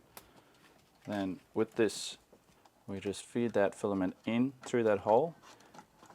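A new filament spool is pushed onto the spool holder of a Bambu A1 3D printer and clicks into place with a single short hit at 0.2 s. Someone then talks.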